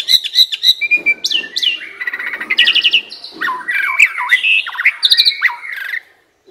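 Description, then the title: Asian pied starling song mixing clicks, slurred whistles and grating buzzy phrases in a fast, irregular stream that stops abruptly near the end. Training song (masteran) meant to fix birds that sing too little and are sluggish. "Masteran Jalak Suren Atasi Burung KURANG GACOR Dan LOYO"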